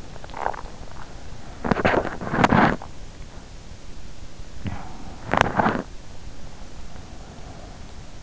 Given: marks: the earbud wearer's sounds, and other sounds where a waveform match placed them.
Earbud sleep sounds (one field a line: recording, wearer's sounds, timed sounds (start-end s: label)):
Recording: sounds in sleep by an in-ear microphone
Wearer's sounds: teeth grinding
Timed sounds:
0.00-0.82 s: teeth grinding
1.56-3.19 s: teeth grinding
4.97-6.37 s: teeth grinding